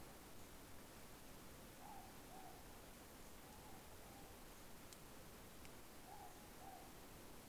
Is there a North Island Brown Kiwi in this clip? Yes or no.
no